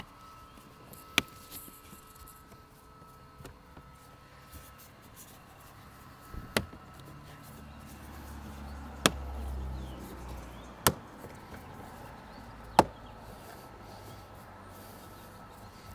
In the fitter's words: Get four little clicks there.